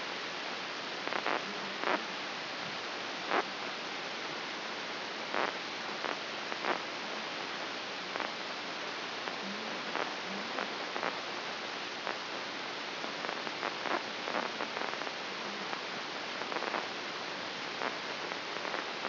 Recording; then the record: brain microelectrode recording played as sound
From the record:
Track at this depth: outside the subthalamic nucleus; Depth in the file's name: 4.423 mm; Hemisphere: left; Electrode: 3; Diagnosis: Parkinson's disease